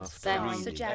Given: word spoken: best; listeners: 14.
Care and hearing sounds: one English word in noise, from a listening test; four-talker babble; -0.3 dB; 1 of 14; 6 of 14; 0.55 s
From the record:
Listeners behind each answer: 6, 1, 1, 1, 1, 1, 1, 1, 1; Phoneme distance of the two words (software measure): 24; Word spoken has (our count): 1 syllable, 4 phonemes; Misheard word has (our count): 2 syllables, 6 phonemes, stress on syllable 2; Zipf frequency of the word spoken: 5.78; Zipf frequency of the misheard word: 4.63

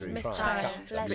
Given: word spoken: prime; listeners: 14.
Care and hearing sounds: one English word in noise, from a listening test; four-talker babble; -1.4 dB; 0 of 14; 6 of 14; 0.75 s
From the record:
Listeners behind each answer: 6, 4, 1, 1, 1, 1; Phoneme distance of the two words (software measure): 37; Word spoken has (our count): 1 syllable, 4 phonemes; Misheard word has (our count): 2 syllables, 5 phonemes, stress on syllable 1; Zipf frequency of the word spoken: 5.20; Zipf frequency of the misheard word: 3.66

